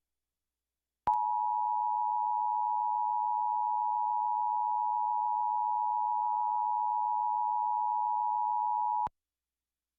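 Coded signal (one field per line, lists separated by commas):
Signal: Emergency Alert System (SAME) tones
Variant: 853 and 960 Hz attention tone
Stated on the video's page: Florida Required Monthly Test relayed by several Miami-area TV stations.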